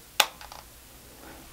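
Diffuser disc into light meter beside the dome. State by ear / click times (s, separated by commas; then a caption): seated / 0.2 s. A small diffuser disc accessory is pushed into the slot beside the white dome of a Sekonic L-308S light meter. It gives one sharp, loud snap at 0.2 s, followed by a few faint ticks around 0.4–0.6 s. The disc seats and stays hooked in place.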